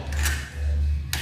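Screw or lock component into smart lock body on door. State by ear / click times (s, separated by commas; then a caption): seated / 1.1 s. During a smart lock installation, a screw or lock component is pushed into the smart lock body on a door over a steady low hum, with a softer tap at 0.1 s. A sharp click at 1.1 s marks the part going in and seating.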